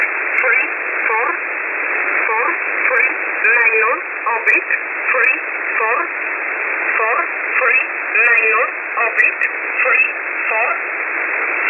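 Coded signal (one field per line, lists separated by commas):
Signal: numbers station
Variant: E11 Oblique, English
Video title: 16 02 2023 Numbers station E11 Oblique in English to Eu in USB mode 0820 on 5149 Warsaw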